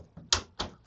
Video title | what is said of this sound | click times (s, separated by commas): How to Replace Samsung Xpress M2070W Toner Cartridge | until it clicks. | 0.3 s